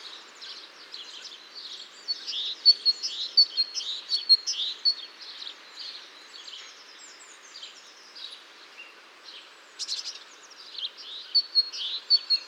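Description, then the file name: Great tit calling with rapid, high-pitched chips and chatter in loose clusters, a quieter stretch midway, then a brief sharp click before the calls pick up again. "Parus major"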